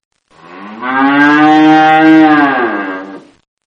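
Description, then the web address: Cow mooing, one long drawn-out low moo that swells, holds steady and fades over about three seconds, with no other sounds. "Partners In Rhyme COW"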